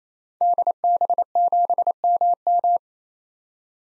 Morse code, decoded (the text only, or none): DB7MM